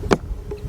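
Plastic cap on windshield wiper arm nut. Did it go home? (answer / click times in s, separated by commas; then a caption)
yes / 0.1 s. A small plastic cap is lined up by its tabs and grooves and pushed down onto the windshield wiper arm nut during a Cadillac CTS/SRX/STS windshield wiper motor replacement. A sharp snap is heard at 0.1 s, followed by a fainter knock around 0.5 s. The cap snaps on and is seated.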